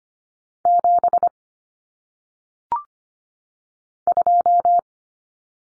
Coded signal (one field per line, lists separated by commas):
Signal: Morse code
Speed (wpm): 25 wpm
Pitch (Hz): 700 Hz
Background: none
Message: 7 2